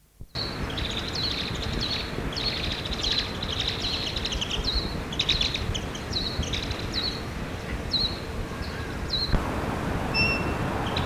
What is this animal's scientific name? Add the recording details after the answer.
Linaria cannabina. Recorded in the wild. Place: Hannover, Niedersachsen, DE. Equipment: Halbspur, 9,5 cm/s. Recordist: Lütgens, Hans